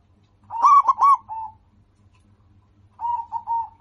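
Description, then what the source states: Zebra dove cooing: a burst of quick, rolling coos followed by a softer, level series of repeated coos, with faint low hum throughout. Local-strain bird singing actively, with a voice described as crystal clear and loud.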